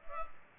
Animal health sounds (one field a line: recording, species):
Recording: mosquito wingbeat signal from an infrared sensor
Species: Culex pipiens